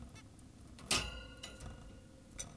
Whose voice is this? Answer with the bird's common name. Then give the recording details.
Zebra Finch. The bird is an adult. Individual g17y2U